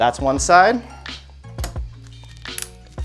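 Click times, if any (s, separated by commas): 2.6 s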